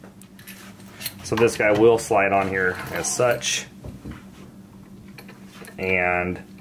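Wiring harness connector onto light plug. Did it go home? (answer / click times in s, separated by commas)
no / none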